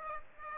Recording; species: mosquito wingbeat signal from an infrared sensor; Aedes aegypti